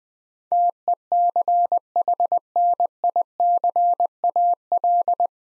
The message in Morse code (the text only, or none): TECHNICAL